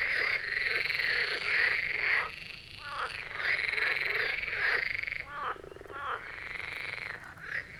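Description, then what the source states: Marsh frogs croaking in a nearly unbroken chorus, harsh rattling calls overlapping with brief dips and short chattering notes between them. Chorus of marsh frogs at the Birkensee in Schönbuch, Germany, recorded on one of the first hot summer days of 2023.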